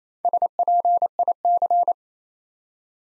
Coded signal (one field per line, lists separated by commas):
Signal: Morse code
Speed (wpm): 27 wpm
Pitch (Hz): 700 Hz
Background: none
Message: SPIC